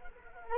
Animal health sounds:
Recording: mosquito wingbeat signal from an infrared sensor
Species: Culex quinquefasciatus

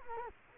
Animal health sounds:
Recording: mosquito wingbeat signal from an infrared sensor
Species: Culex quinquefasciatus

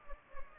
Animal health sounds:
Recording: mosquito wingbeat signal from an infrared sensor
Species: Anopheles gambiae

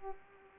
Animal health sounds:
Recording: mosquito wingbeat signal from an infrared sensor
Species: Culex pipiens

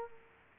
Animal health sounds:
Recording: mosquito wingbeat signal from an infrared sensor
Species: Culex quinquefasciatus

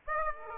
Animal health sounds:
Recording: mosquito wingbeat signal from an infrared sensor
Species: Aedes aegypti

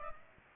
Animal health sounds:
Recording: mosquito wingbeat signal from an infrared sensor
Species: Aedes aegypti

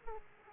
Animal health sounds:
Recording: mosquito wingbeat signal from an infrared sensor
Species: Aedes aegypti

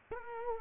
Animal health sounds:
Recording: mosquito wingbeat signal from an infrared sensor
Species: Culex quinquefasciatus

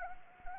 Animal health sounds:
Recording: mosquito wingbeat signal from an infrared sensor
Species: Anopheles arabiensis

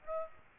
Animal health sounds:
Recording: mosquito wingbeat signal from an infrared sensor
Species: Aedes aegypti

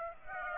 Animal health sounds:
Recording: mosquito wingbeat signal from an infrared sensor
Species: Aedes aegypti

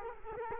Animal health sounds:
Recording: mosquito wingbeat signal from an infrared sensor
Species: Culex quinquefasciatus

